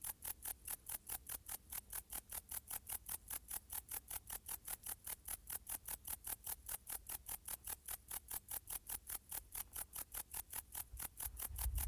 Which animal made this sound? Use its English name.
Bog Bush-cricket